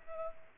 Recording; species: mosquito wingbeat signal from an infrared sensor; Culex pipiens